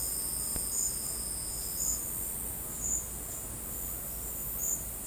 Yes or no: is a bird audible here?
no